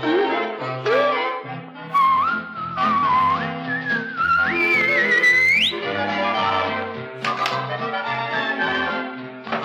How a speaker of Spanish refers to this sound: Si te estás portando bien y sientes resbalar, dame un silbidito, dame un silbidito.